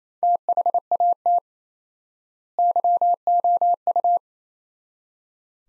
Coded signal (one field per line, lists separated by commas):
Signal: Morse code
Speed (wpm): 27 wpm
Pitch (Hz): 700 Hz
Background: none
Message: THAT YOU